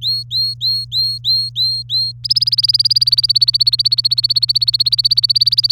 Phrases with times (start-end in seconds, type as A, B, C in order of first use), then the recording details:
0.01-2.12 A, 2.24-5.72 B. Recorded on 24 April 2018 at 06:17. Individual llb3